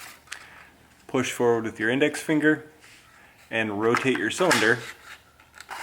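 Someone talks while the release on an IWI Tavor TS12 bullpup shotgun is pressed forward with the index finger and the rotating magazine tube cylinder is turned after the bolt has locked back on an empty tube. A sharp click at 5.6 s marks the cylinder indexing and clicking into place on the next tube.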